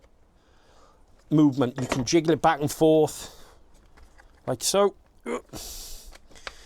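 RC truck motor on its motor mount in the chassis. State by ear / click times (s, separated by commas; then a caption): released / 6.5 s. Someone talks while jiggling the motor back and forth on its motor mount in the chassis of an Arrma 3S/4S RC truck, with faint rubbing and scraping as it shifts. At 6.5 s a sharp click is heard as the motor mount breaks free, releasing the motor so it can slide.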